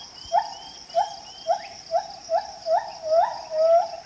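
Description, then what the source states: Gibbon calls: a series of short rising whoops, about two per second, growing longer toward the end, over a steady high insect hum. Gibbons calling in the morning in Danum Valley, Borneo, heard far off from a trail behind a research station.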